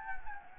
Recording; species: mosquito wingbeat signal from an infrared sensor; Anopheles gambiae